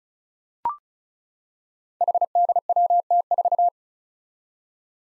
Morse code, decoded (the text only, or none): HDWT4